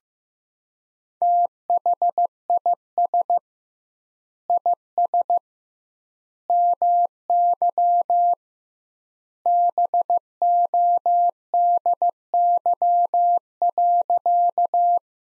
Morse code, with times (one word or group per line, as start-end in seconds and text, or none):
1.2-3.4 THIS
4.5-5.4 IS
6.5-8.3 MY
9.5-15.0 BODY.